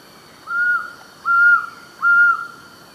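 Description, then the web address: Black-throated trogon song: three soft, level whistled hoots, each about a third of a second long, spaced evenly in a short series against a quiet background. Male; South America, eastern lowlands. "Natures Songs S America Eastern Lowlands Trogon rufus, song male"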